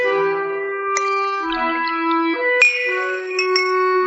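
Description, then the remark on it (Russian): Glasses clink together several times as a drink is poured into a glass for someone, each bright strike leaving a sustained, bell-like ringing tone that overlaps the next. No one speaks. “Нацеди-ка ему тише стаканчик.”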